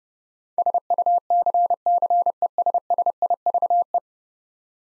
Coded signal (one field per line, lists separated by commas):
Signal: Morse code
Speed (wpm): 30 wpm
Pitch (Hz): 700 Hz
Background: none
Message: SUCCESSIVE